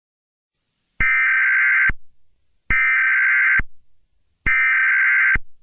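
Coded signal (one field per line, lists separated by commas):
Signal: Emergency Alert System (SAME) tones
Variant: header bursts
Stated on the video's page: Fictional entertainment EAS mock scenario using valid EAS tones; not a real alert.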